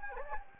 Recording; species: mosquito wingbeat signal from an infrared sensor; Anopheles gambiae